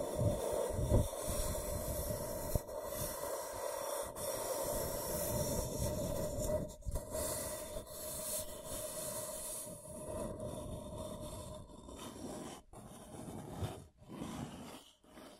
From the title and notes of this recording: ASMR Brain Tingling Scratching & Tracing (No Talking).